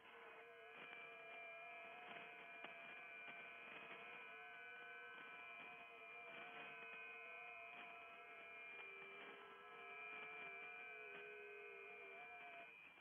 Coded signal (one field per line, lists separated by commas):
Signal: FT8